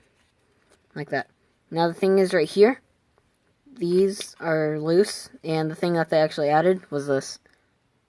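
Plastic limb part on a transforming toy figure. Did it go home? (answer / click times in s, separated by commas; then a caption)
no / none. Someone talks while handling a plastic limb part on a Transformers Generations Titans Return Decepticon Skullsmasher transforming toy figure, with faint small ticks around 3.2 s and 7.5 s. Nothing has snapped or seated into place yet.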